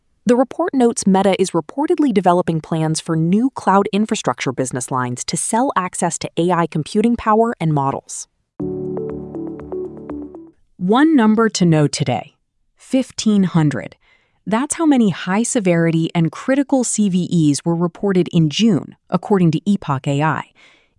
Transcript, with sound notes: The report notes Meta is reportedly developing plans for new cloud infrastructure business lines to sell access to AI computing power and models.
[with emphasis] One number to know today: 1,500. That’s how many high-severity and critical CVEs were reported in June, according to Epoch AI.